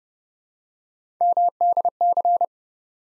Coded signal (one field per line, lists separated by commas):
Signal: Morse code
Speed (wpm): 30 wpm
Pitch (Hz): 700 Hz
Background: none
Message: MDC